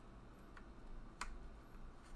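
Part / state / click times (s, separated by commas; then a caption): assembly part going into a combat robot frame / seated / 1.2 s. During a robot tank build, an assembly part is worked into place in a combat robot frame against a low steady background. A faint tick comes at 0.6 s, then a sharp, bright click at 1.2 s as the part seats home.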